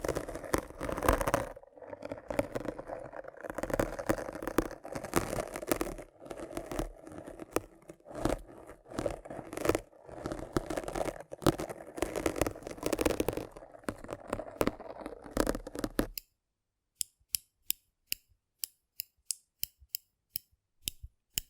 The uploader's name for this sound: Rough Brain Cleaning and Picking